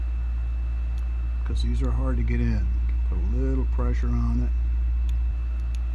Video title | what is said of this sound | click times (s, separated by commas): How to replace the tension adjustment screw on a 15 class bobbin case. (Video 104) | get it started it's snapping and popping which means it's not getting started | none